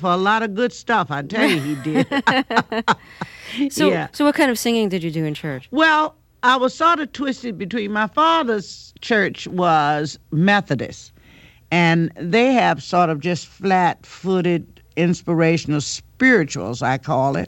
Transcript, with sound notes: credit for a lot of good stuff. I tell you, he did.
(LAUGHTER)
Yeah.
So what kind of singing did you do in church?
Well, I was sort of twisted between - my father's church was Methodist, and they have sort of just flat-footed, inspirational spirituals I call it.